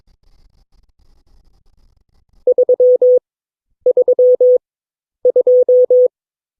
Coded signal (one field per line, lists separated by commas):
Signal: Morse code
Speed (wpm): 22 wpm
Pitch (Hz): 500 Hz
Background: none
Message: 332